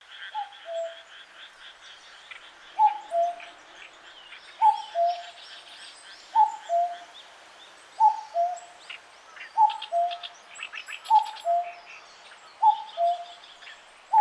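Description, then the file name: Common cuckoo calling a two-note falling 'cuck-oo' again and again, with other small birds chirping and twittering in the background. "kakkou"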